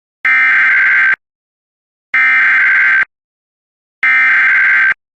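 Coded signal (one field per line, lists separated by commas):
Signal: Emergency Alert System (SAME) tones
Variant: header bursts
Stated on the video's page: EAS fire warning for Chelan County, Washington.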